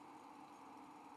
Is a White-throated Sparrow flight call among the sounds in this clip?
no